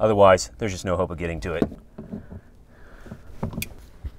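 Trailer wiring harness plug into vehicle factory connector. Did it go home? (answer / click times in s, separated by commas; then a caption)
yes / 3.6 s. Someone talks while plugging a 2012–2015 Honda Pilot OE trailer wiring harness plug into the vehicle's factory wiring connector, doing this before clipping the module box in place because there is otherwise no way to reach it. After the talking come quiet handling noises and faint taps, then a sharp click at 3.6 s as the plug seats and is confirmed in.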